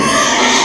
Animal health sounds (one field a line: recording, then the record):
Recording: squeal of a Yucatan mini pig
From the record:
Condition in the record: before surgery on the right vocal fold (resection and tissue-engineered implant)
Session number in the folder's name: 2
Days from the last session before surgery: 0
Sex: male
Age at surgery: 12 weeks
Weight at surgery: 13 kg